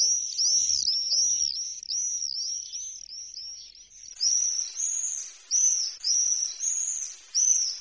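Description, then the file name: Common swift screams: a long run of shrill arched notes in quick succession, then several louder separate screaming bursts. "mauersegler"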